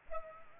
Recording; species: mosquito wingbeat signal from an infrared sensor; Culex pipiens